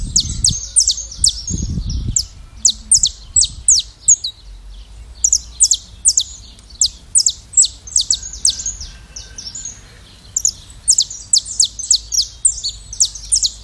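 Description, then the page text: Saffron finch giving sharp, high, downward-sweeping chips in rapid series, with brief pauses between bursts; low thumping sounds at the start. "CANÁRIO TERRA (Sicalis Flaveola)"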